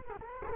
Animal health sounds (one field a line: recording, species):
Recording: mosquito wingbeat signal from an infrared sensor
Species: Culex quinquefasciatus